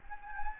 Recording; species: mosquito wingbeat signal from an infrared sensor; Anopheles gambiae